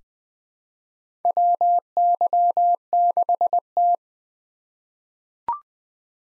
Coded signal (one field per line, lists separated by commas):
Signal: Morse code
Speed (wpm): 20 wpm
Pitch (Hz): 700 Hz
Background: none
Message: WY6T